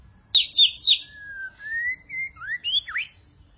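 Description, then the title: Magpie-robin or shama song: a burst of harsh, scratchy high notes, then a string of clear sliding whistles rising and falling. "Suara Burung Murai"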